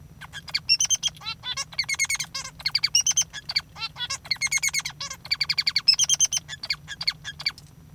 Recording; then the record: song of a male Bengalese finch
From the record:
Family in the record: father 3